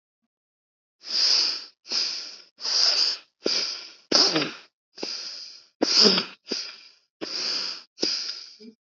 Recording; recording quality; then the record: shallow breathing; excellent, no background noise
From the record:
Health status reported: healthy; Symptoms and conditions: hypertension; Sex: male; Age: 29 years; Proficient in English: yes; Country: India